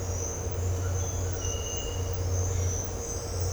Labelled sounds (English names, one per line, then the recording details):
none
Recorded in dense forest near Puerto Asís, Putumayo, Colombia, on 9 March 2025 at 07:30
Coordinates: 0.468, -76.322
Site GP01